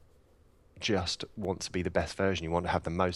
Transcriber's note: none